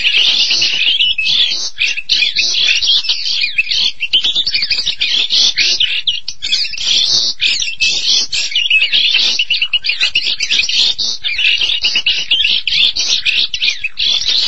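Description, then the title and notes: Starling song, a long rapid outpouring of crackling chatter and squeaky notes, very dense and even throughout the whole stretch. "suara burung jalak"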